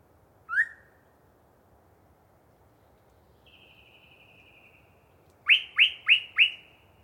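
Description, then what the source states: Yellow-breasted Chat song: one rising note, then a long thin whistle, followed by four quick loud upslurred notes in a row. Particularly chatty bird giving a long pre-dawn soliloquy in deciduous cover.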